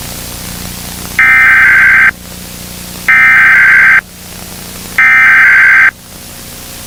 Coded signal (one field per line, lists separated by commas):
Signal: Emergency Alert System (SAME) tones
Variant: header bursts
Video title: Minnie Mouse country rock 100.7 Los Angeles (HELLMO) Failed EMERGENCY alert system (2008 July)